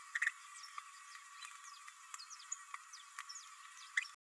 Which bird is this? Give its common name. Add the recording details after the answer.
Green-rumped Parrotlet. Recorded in a nest box in Venezuela. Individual 18B104A3